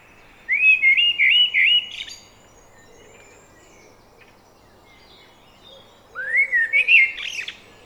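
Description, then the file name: Common blackbird singing two mellow, whistled warbling phrases with scratchy high flourishes at their ends, separated by several seconds of near silence. "Turdus merula"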